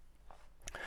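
The two stainless steel triggers of a watch's deploying clasp on a steel bracelet are pressed against firm resistance, and the clasp springs open smoothly. A quick cluster of small metal clicks sounds at 0.3, 0.6, 0.7 and 0.7 seconds, the loudest at 0.7 seconds. The clasp is released and deploys very well.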